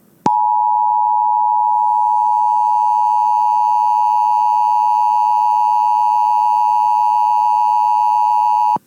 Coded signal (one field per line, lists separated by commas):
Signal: Emergency Alert System (SAME) tones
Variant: 853 and 960 Hz attention tone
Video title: KLOVE and Santa Barbara Weekly Tests (EAS #14837-14840) 1/23/24